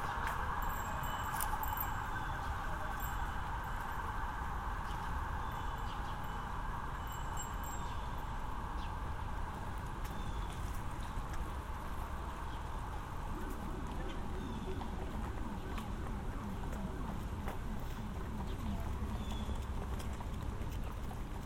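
A walk through Central Park, with a steady, dense wash of low rumble and murmur that holds level for the whole stretch. A band of mid-pitched hum runs throughout, while faint high chirps and brief ticks surface early, around the first eight seconds.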